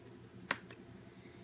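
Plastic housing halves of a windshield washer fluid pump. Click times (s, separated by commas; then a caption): 0.5 s. The sealed plastic housing of a non-working BMW E46 windshield washer fluid pump, already slit with a razor knife and pried with a flathead screwdriver, is rocked back and forth so its plastic catches let go. A sharp click of a housing catch releasing comes at 0.5 s, with fainter ticks around 0.1 and 0.7 s. The catch releases and the housing halves start to come apart.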